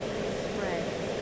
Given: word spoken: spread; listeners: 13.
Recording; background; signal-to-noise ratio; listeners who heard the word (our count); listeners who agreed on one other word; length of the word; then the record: one English word in noise, from a listening test; speech-shaped noise; -6.8 dB; 3 of 13; 7 of 13; 0.82 s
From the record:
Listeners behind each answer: 7, 3, 2, 1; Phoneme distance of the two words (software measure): 17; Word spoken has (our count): 1 syllable, 5 phonemes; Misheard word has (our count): 1 syllable, 4 phonemes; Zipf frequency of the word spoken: 4.62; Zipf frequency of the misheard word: 3.98